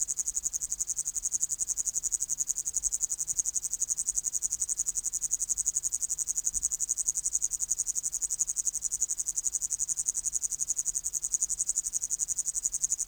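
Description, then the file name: Upland green bush-cricket delivering a long, even, high-pitched buzzing trill of rapid pulses, unbroken across the whole stretch. "Tettigonia cantans"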